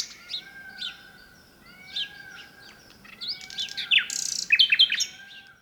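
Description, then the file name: Common nightingale song phrases: scattered chirps and drawn-out whistles, then rapid repeated notes toward the end. "Luscinia megarhynchos"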